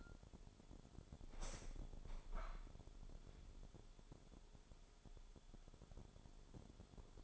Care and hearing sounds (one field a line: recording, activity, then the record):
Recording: daily activity, microphone in the room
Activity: open window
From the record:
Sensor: 5